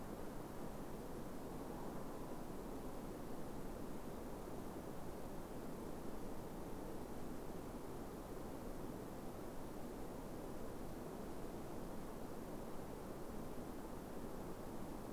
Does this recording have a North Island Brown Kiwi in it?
no